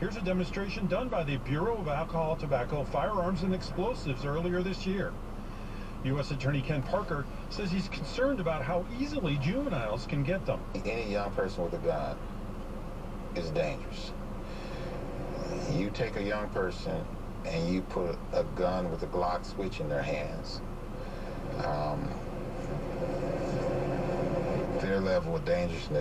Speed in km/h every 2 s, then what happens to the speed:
0, 0, 0, 0, 0, 0, 0, 0, 0, 0, 0, 0, 0.
0-26 standing.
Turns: none.